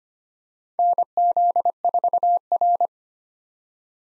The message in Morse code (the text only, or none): NZ4R